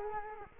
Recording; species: mosquito wingbeat signal from an infrared sensor; Culex quinquefasciatus